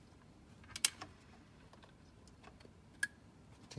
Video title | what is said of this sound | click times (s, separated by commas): Tesla Model S Autopilot 2 Front Camera Installation | you hear that nice click so | 0.8 s, 3.0 s